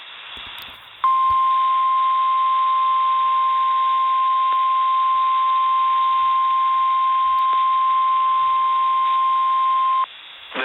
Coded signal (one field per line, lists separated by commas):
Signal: Emergency Alert System (SAME) tones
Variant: 1050 Hz attention tone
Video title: EAS #50: Severe Thunderstorm Warning